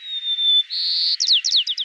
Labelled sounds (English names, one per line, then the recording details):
White-crowned Sparrow song
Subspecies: nuttalli
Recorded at Lake Merced, California, in 2014
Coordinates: 37.709, -122.487
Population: north
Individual LM_SRRW_14